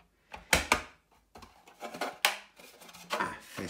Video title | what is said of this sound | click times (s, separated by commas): Lego Kisten von IKEA - Lego IKEA Bygglek | habt ihr gehört gibt es im klick oder mehrere klicks | 0.5 s, 2.2 s, 3.7 s